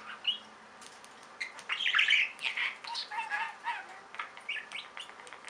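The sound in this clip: Budgerigar chattering warble, a continuous run of scratchy squeaks, clicks and brief whistled notes with a louder squawk early on.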